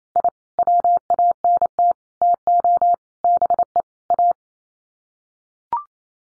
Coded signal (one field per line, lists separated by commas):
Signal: Morse code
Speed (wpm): 28 wpm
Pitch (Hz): 700 Hz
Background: none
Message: I WANT TO BE A